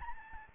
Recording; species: mosquito wingbeat signal from an infrared sensor; Aedes albopictus